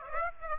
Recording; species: mosquito wingbeat signal from an infrared sensor; Aedes aegypti